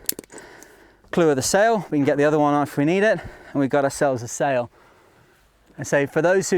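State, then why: Seated. A metal snap shackle on the sheet, its bottom part locking into place, is popped onto the clew ring of a headsail. It gives a sharp metallic snap at 0.1 s with a few quieter ticks after. The shackle is seated on the clew, and then someone talks.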